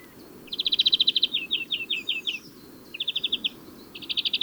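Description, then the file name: European greenfinch giving fast metallic trills, a rapid rattle followed by a slower series of chirps, then two more short trills. "Chloris chloris"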